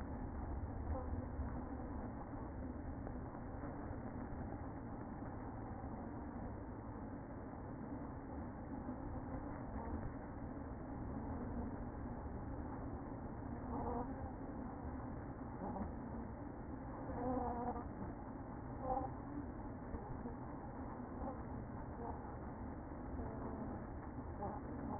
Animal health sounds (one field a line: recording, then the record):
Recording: honeybee colony, microphone inside the hive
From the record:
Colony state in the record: queen present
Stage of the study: after two queens were removed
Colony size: about 60,000 bees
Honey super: yes